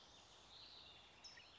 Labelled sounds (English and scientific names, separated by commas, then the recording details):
California Towhee (Melozone crissalis)
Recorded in Sonoma County, California